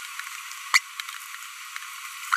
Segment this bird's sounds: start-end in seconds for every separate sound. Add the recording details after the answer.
0.74-0.78. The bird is a female. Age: 25 days. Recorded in a nest box in Venezuela. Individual 17B42B1